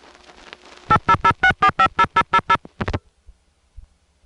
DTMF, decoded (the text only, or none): 8006450000